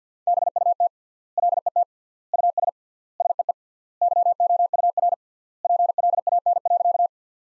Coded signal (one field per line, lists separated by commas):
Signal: Morse code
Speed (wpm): 50 wpm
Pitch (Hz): 700 Hz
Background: none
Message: BUT LET US SEE YOUR PLAN.